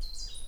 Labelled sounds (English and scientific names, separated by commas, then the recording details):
Stitchbird (Notiomystis cincta) song
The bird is a male
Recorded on Tiritiri Matangi Island, New Zealand, in 2005
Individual 4, of nest box 4